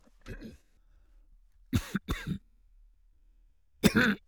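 Four separate, unprocessed coughs from an adult, with short pauses between them; the second and third come close together.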